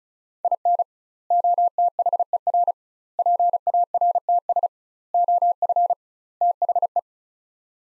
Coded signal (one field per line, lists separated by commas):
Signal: Morse code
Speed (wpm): 36 wpm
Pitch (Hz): 700 Hz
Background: none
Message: IN OTHER PARTS OF THE